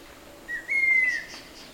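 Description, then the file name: Cinnamon Attila giving a single drawn-out whistle, steady then gently falling, after a short lead-in note, with faint high bird notes behind. Call, recorded in the field. "attcin cri"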